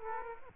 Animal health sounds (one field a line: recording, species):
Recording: mosquito wingbeat signal from an infrared sensor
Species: Aedes aegypti